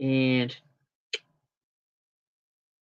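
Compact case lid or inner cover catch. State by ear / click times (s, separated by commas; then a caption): seated / 1.1 s. Someone talks briefly, then the lid or inner cover of a second vintage Stratton compact case is pressed shut and gives a single short, sharp click at 1.1 s as its catch seats in place. Silence follows.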